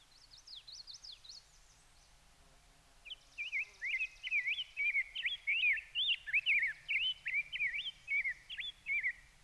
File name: RBGR SONG MN Rose-breasted Grosbeak - Pheucticus ludovicianus